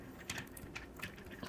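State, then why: Seated. A blue bolt accessory piece is pressed onto a plastic transforming action figure, Omega Prime from the 2001 Transformers: Robots in Disguise line, and it clicks right into its socket. A sharp click is heard at 0.3 s, followed by softer plastic ticks near 0.6 s and 1.0 s. The accessory is seated on the figure.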